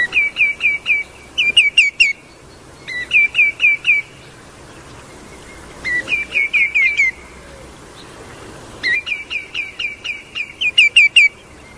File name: tieng chim choat bung trang lon keu